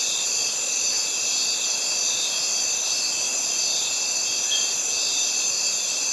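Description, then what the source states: Cicadas fill the air with an unbroken, hissing buzz of many insects calling together, with no other clear sounds. Cicadas recorded together with birds in a Mediterranean forest.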